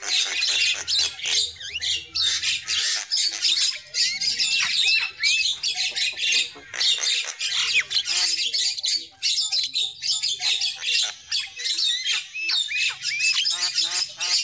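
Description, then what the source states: Lovebird chatter: dense, shrill squawks and chirps tumbling over one another almost without pause, with a faint low hum underneath for the first seconds. Lure call used for trapping lovebirds.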